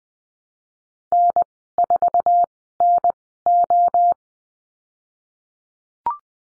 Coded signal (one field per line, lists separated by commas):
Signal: Morse code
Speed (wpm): 20 wpm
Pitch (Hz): 700 Hz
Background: none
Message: N4NO